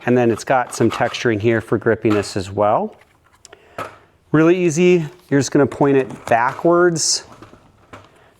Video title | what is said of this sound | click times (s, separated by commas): RAHMORY SCOOTER UNBOXING | Push in on that button and it snaps right in. | 7.9 s